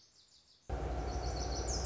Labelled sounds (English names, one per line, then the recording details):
Lazuli Bunting
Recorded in Sonoma County, California